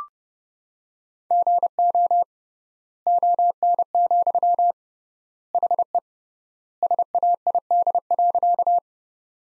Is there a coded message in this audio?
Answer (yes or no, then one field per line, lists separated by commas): yes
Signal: Morse code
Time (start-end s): 1.3-8.8 s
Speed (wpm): 32 wpm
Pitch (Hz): 700 Hz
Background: none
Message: GO ON, HE SAID.